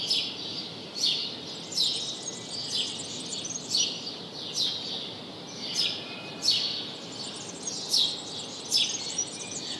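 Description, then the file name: House sparrow call, sharp chirps repeated about once a second against a steady noisy background. "Passer domesticus"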